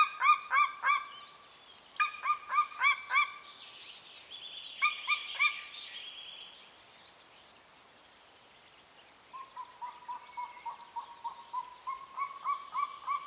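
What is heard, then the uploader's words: A golden eagle calls in short bursts of clipped, ringing yelps, several quick notes per burst, at the start, around two seconds and near five. A thin higher whistle follows, then after a quiet gap a longer, softer run of repeated notes closes the clip. The beautiful calls of the Golden eagle - Aquila chrysaetos. Recorded in Bucovina, Romania with Zoom F6 and Lom mikroUsi Pro microphones.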